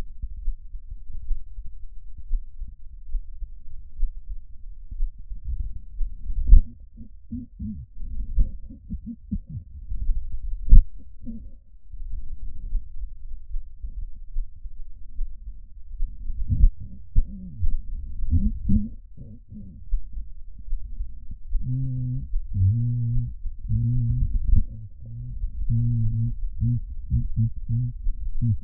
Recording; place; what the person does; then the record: lung sounds by stethoscope; left anterior apical chest; quiet breathing, then cough and speech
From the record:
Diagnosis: pulmonary infection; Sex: male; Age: 86 years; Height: 165 cm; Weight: 65 kg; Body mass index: 23.9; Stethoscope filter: bell mode